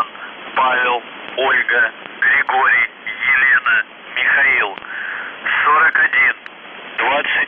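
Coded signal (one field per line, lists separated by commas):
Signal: numbers station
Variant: UVB-76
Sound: a male voice reading short words in bursts over a narrow radio channel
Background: radio static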